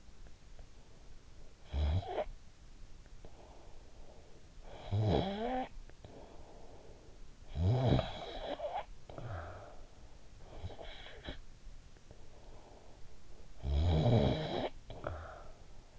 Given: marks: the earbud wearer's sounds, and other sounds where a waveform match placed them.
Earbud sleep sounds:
sounds in sleep by an in-ear microphone; snoring breath
1.45-15.99 s: snoring breath

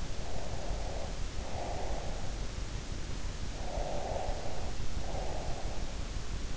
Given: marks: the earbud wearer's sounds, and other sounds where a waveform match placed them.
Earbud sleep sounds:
sounds in sleep by an in-ear microphone; breath
0.20-2.50 s: breath
3.63-5.99 s: breath

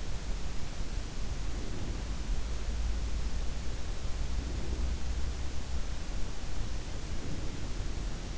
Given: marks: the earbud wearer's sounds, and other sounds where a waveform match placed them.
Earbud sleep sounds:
sounds in sleep by an in-ear microphone; breath
1.38-2.57 s: breath
4.01-5.16 s: breath
6.79-8.05 s: breath

